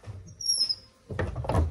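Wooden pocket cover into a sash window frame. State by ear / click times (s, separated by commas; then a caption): seated / 1.5 s. A small wooden pocket cover is pushed into its opening on the side of a new timber sash window frame. A thin, high squeak rises and fades in the first second, followed by a rough scrape and a short run of light knocks from about 1.2 s. The cover locks in place with a sharp tap at 1.5 s.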